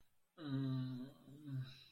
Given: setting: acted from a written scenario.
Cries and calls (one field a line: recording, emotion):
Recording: vocal sound without words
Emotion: confusion